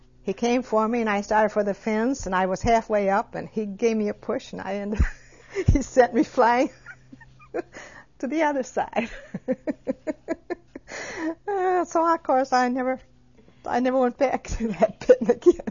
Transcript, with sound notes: He came for me, and I started for the fence, and I was halfway up, and he gave me a push, and I ended up, he sent me flying ( she laughs ) to the other side. So, of course, I never went back to that pea again.